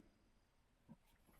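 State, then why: Not seated. A fully charged 18 V slide-in battery pack is being handled at the battery port of a Ryobi ONE+ 18 V 1-gallon wet/dry cordless vacuum. Low handling noise is heard, with a brief low thump near 0.9 s. The pack has not seated or clicked in yet.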